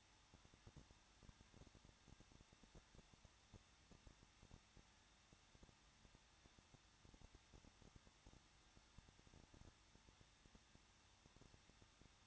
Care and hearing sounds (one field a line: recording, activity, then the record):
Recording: daily activity, microphone in the room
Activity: no activity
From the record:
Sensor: 3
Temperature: 21.2 degrees Celsius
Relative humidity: 36.3%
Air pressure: 1006.3 hPa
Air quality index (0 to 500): 221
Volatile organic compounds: 41 ppm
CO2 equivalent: 3158 ppm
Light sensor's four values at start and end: 2/3/2/2 and 2/3/2/2